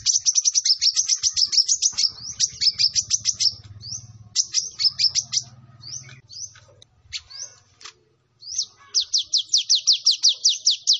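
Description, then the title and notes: Sunbird song: long rapid strings of high, sharp chirps, pausing midway then resuming fast, over a faint low rumble. Kolibri ninja bird singing actively, with full fills and showy bursts, used as a lure for other birds. "MASTERAN KOLIBRI NINJA FULL ISIAN DAN TEMBAKAN MEWAH COCOK BUAT PANCINGAN. Suara Burung Kolibri Ninja Gacor"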